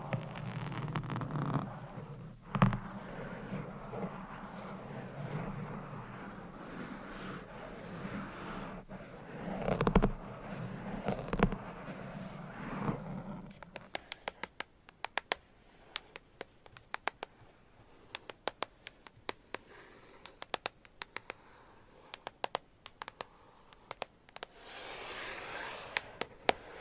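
Scratching and tapping sounds. For the first thirteen seconds a dense, steady rubbing scratch fills the low and middle range, with a couple of sharper knocks near three and ten seconds. After that, quick dry taps click irregularly, ending in a brighter brushing swish near twenty-five seconds.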